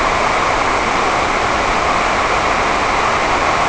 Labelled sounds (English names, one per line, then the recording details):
none
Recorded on Arctic tundra, site NAIT-1, on 28 June 2018
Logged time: 11:00